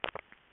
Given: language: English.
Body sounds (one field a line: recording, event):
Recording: throat vibration sensor signal played as sound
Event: swallow